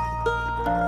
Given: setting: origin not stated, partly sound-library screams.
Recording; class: one-second piece from a danger detection set; normal situation